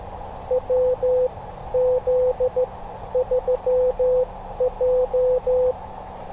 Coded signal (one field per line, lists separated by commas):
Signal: Morse code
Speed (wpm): 14 wpm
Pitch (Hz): 500 Hz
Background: none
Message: WZ3J